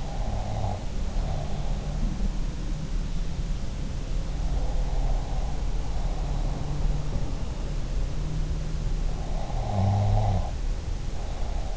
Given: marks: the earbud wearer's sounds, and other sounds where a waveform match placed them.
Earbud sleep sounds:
sounds in sleep by an in-ear microphone; breath, snoring breath
0.00-1.74 s: breath
9.43-11.77 s: snoring breath

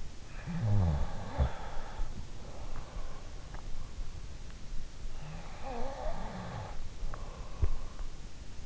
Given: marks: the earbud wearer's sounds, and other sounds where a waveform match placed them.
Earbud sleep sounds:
sounds in sleep by an in-ear microphone; snoring breath, breath
0.00-2.28 s: snoring breath
5.25-8.29 s: breath

